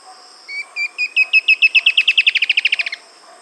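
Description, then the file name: A bird gives a trill of short whistled notes that start slow and sparse, then speed up into a rapid, buzzier run lasting about two and a half seconds before stopping abruptly. "SABIOD 50 bird 2015"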